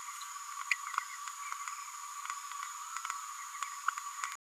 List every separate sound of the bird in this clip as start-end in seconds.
0.71-0.73